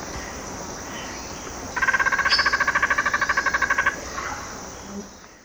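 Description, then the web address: Dusky spinetail giving a steady chattering trill of rapid even pulses lasting about two seconds. Recorded in Ecuador. "Natures Songs S America Birds of Ecuador. Dusky Spinetail"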